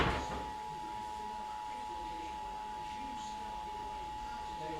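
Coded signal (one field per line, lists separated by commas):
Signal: Emergency Alert System (SAME) tones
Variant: 853 and 960 Hz attention tone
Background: speech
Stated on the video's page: Alert tones in a simulated, fictional emergency alert scenario.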